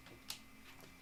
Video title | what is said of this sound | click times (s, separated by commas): Building a new computer... Part 2! [LIVE] | There we go. That clicked into place. | 0.3 s